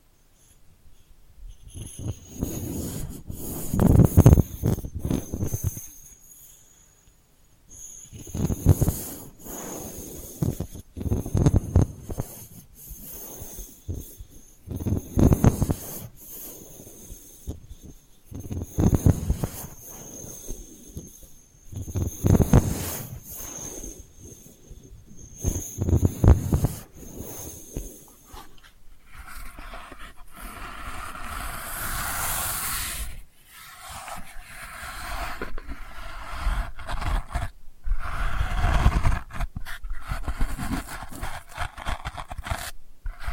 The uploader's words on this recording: ASMR Delicate Scratching for Sleep (No Talking).